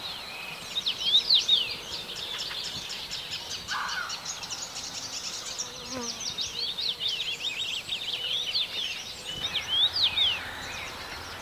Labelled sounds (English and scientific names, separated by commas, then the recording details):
Common Rosefinch (Carpodacus erythrinus)
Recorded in the wild
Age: adult
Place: Hörfeld, AT
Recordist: Brunner, Thomas